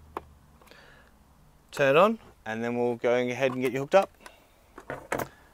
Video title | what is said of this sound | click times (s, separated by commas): Modern Wall Clock With Wi Fi 1080p HD Camera and Motion Detection Features & Setup | push it until it clicks | 0.2 s